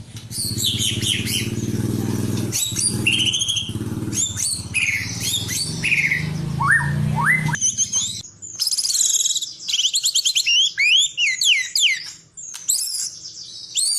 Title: murai batu